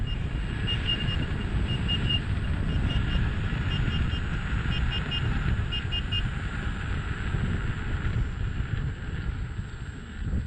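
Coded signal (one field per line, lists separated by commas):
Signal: alarm pattern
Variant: Gotway second-class speed alarm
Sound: rapid, fairly high short beeps, about three per second, over rushing wind and road noise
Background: wind and road noise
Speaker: for the second class alarm it's just like the first class alarm but on the manual it says 45 kilometers an hour three beeps per second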